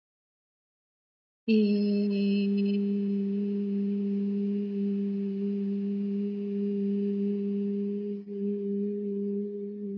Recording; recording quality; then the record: sustained vowel as in beet; excellent, no background noise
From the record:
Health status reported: healthy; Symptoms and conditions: none ticked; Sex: female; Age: 50 years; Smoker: not ticked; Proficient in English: yes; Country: India